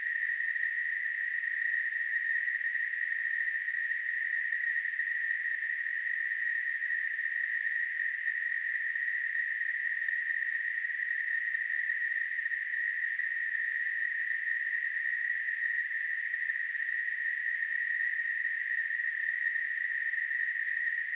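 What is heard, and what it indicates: A steady, unbroken narrow-band hiss centred just below 2 kHz, with a faint band near 4 kHz and nothing in the low frequencies, simulating tinnitus.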